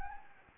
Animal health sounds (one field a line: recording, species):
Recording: mosquito wingbeat signal from an infrared sensor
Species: Anopheles gambiae